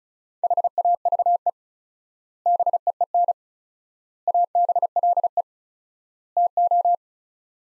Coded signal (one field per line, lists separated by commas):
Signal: Morse code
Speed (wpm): 36 wpm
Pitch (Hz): 700 Hz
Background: none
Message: HAVE BEEN ABLE TO